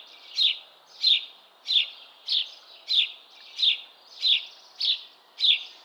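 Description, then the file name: House sparrow calls: a steady series of short, harsh chirps repeated roughly every 0.6 seconds, each note buzzy and high-pitched. "Passer domesticus"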